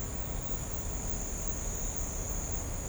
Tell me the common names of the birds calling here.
none